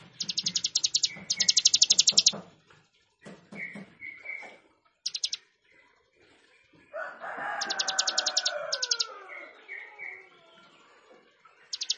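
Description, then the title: Plain prinia singing repeated rapid pulsed bursts, with chirps between and a descending call from another bird midway. "Ciblek Sawah"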